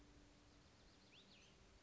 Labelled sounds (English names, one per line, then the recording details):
Cassin's Vireo
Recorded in Sonoma County, California